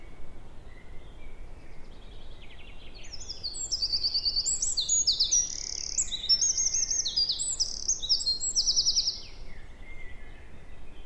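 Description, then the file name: Eurasian wren song: a loud, fast, high-pitched cascade of trills and rattling notes, rising in intensity and lasting several seconds, over a soft hiss. "Troglodytes troglodytes"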